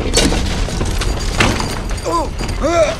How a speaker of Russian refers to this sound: Бинакл палит из пушки. Все в доме летит кувырком.